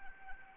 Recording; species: mosquito wingbeat signal from an infrared sensor; Anopheles arabiensis